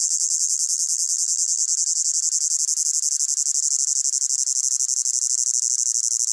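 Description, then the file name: Cicada buzz, shrill and high, with fast rhythmic pulsing throughout. Close-up; pulsating, high-pitched buzz. "gain walkers CICADA Close Up Pulsating Buzz High Pitched"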